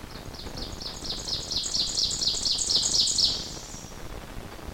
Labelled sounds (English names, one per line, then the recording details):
Ovenbird song
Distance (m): 5 m
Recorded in boreal forest in Alberta, Canada, on 21 June 2016 at 05:42
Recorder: SongMeter 3, array SBT-6-81
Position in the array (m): 13 m, 88 m
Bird 24